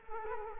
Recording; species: mosquito wingbeat signal from an infrared sensor; Culex quinquefasciatus